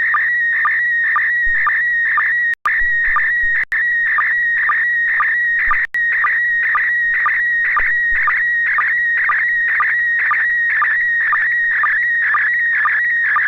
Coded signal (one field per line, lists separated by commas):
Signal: SSTV (slow-scan television)